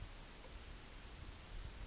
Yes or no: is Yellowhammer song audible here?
no